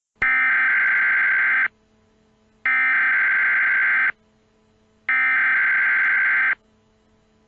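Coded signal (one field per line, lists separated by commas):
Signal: Emergency Alert System (SAME) tones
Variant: header bursts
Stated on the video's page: Fictional EAS scenario depicting an attack on Minneapolis; simulated alert.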